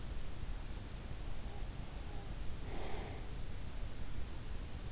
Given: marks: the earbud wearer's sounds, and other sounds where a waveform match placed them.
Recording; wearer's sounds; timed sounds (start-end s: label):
sounds in sleep by an in-ear microphone; breath
1.27-4.39 s: breath